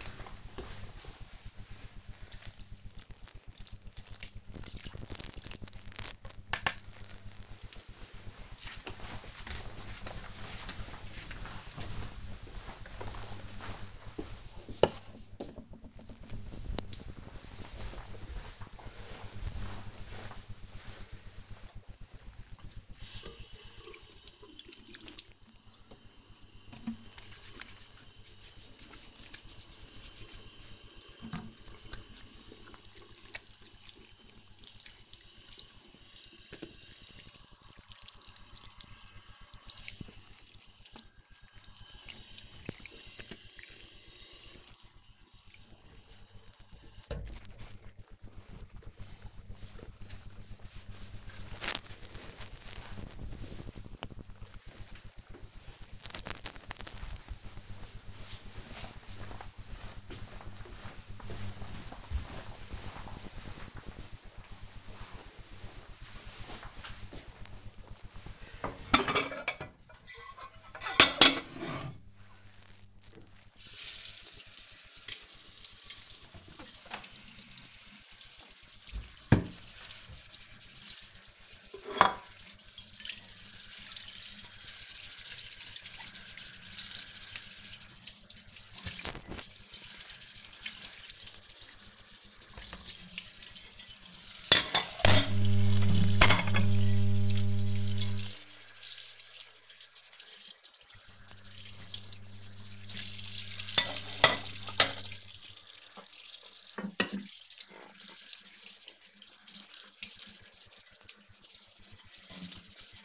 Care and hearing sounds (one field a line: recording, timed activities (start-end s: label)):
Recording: household activities, microphone on the right wrist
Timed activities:
0.00-6.38 s: watering plant
21.47-47.64 s: washing hands
66.80-113.05 s: washing dishes